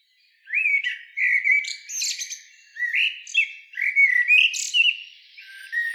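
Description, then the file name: Common blackbird pouring out a continuous stream of rich, fluting whistles with a few short, squeaky high notes between them. "Turdus merula"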